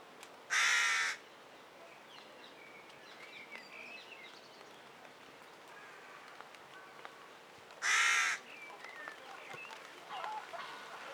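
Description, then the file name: Carrion crow giving two harsh, hoarse caws about seven seconds apart, each lasting half a second, with faint chirps of small birds in between. "Corvus corone"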